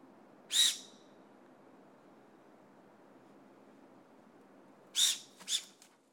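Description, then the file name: Formosan serow giving short, harsh hissing blasts, one alone then a close pair a few seconds later, over a faint steady background hiss. Fushan, Yilan, Taiwan. "宜蘭福山-長鬃山羊"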